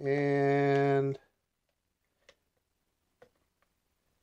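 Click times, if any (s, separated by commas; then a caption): none. Someone talks briefly while a plastic mobile device holder is lined up against the back of an Eachine EX4 Pro drone remote controller before being pressed on. Only small, quiet handling ticks follow, at about 2.3 s and 3.2 s, with another faint tick near 3.6 s. Nothing has clicked or seated yet.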